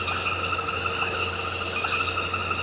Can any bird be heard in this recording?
no